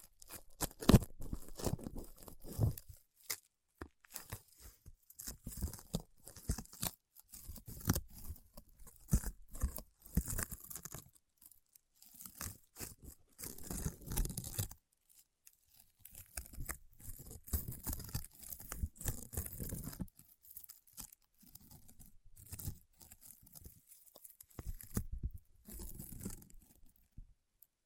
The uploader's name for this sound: Paraffin Wax Peeling, Tapping and Scratching